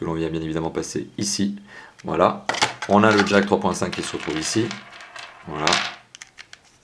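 Someone talks while handling a Nokia Asha 501 mobile phone, bringing its small round charging plug up to the charging socket on the phone's plastic body near the 3.5 mm jack. A few faint, sharp taps sound near the end, around 6.2 s and 6.5 s. Nothing has seated or clicked yet, and the plug is not yet home.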